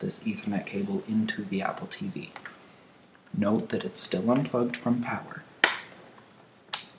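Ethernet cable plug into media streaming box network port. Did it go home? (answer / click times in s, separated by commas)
yes / 5.6 s, 6.7 s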